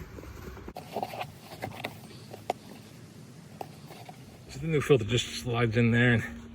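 A new air filter is slid by hand into the airbox of a 2003 Yamaha Bear Tracker 250 ATV, with a few short knocks and scrapes of handling and someone talking toward the end. Nothing has seated or clicked yet; the filter is not yet home.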